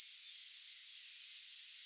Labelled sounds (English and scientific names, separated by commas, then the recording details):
Yellowhammer (Emberiza citrinella) song
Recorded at under 5 m from the bird
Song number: 012